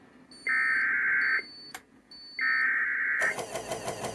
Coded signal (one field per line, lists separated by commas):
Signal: Emergency Alert System (SAME) tones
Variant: header bursts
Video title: MISS JINXERIE'S CURSE... 🌪 || EAS Alerts from March 30, 2024 (EAS #2,486- 2,502)